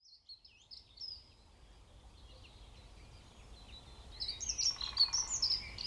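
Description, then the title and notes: European robin song, faint thin warbles at first, then a louder burst of high, sharp, rapidly varied notes and trills near the end over soft hiss. Koniówka, Lesser Poland, Poland; Zoom F3 recorder with Usi Pro drop rig. "Koniówka, województwo małopolskie, Polska - Robin, King of the Petland. Recordist: Maciej Wirmański"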